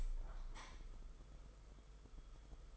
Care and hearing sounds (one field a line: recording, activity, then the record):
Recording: daily activity, microphone in the room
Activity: open window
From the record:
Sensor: 5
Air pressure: 991.4 hPa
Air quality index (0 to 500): 108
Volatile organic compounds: 24 ppm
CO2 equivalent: 2824 ppm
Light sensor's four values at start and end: 39/126/47/51 and 39/126/48/51